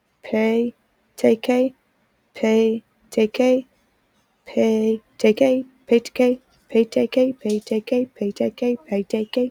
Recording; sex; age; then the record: repeated syllables /pa ta ka/; female; 20 to 29 years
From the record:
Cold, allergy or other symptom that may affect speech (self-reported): no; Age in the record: 29 years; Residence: Louisiana, United States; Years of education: 12